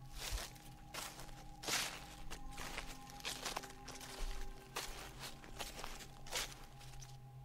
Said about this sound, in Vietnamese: Đến lúc đó tôi chợt rùng mình, bởi vì bên ngoài cánh cửa tôi nghe tiếng bước chân đi.